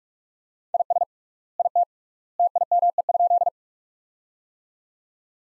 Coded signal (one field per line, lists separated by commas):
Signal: Morse code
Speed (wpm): 42 wpm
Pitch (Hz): 700 Hz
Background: none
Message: IS IT TIME?